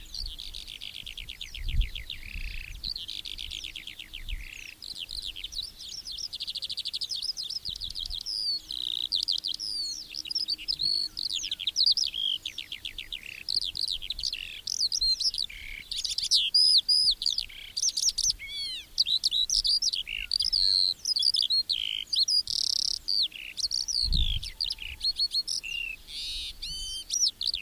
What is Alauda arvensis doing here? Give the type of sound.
song